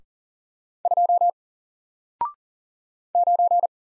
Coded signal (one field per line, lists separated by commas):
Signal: Morse code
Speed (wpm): 40 wpm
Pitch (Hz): 700 Hz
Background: none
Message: 2 9